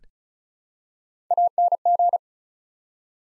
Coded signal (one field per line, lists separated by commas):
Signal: Morse code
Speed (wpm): 36 wpm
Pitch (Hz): 700 Hz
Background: none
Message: ANG